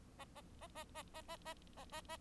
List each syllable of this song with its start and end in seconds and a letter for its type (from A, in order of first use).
0.18-0.25 A, 0.35-0.41 A, 0.60-0.67 A, 0.75-0.84 A, 0.94-1.03 A, 1.14-1.22 A, 1.28-1.36 A, 1.45-1.54 A, 1.77-1.84 A, 1.92-2.01 A, 2.09-2.17 A